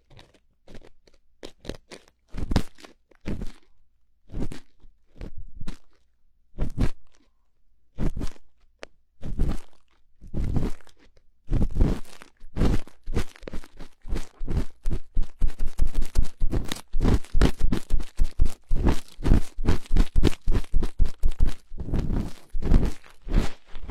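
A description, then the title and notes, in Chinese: Cotton swab cleaning an ear: dry, scratchy crunches and rubbing strokes. The scrapes start sparse with gaps between them, then speed up after about fifteen seconds into a dense, rapid, louder run of brushing. No other sounds intrude. 棉棒掏耳朵。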